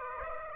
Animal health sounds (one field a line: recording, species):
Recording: mosquito wingbeat signal from an infrared sensor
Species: Aedes aegypti